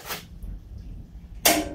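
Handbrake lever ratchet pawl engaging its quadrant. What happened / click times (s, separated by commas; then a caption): The lever ratchet clicked into its first notch / 1.5 s. A trailer handbrake lever, newly installed, is pulled for the first time, and its metal ratchet pawl engages the quadrant. After a faint rasp near the start and a soft tick at 0.4 s, a sharp, bright click at 1.5 s marks the pawl seating in the first notch.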